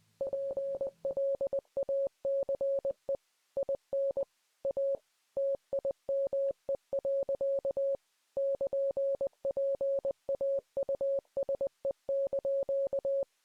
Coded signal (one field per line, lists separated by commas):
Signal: Morse code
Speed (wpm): 20 wpm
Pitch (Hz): 550 Hz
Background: none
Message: PLACE IN A TIME. <KN>PAUSE)